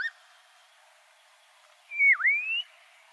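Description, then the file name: Black-crowned monjita song: one clear whistled note that slides down steeply and then climbs back up, after a brief rising note at the start. "Canto da noivinha coroada"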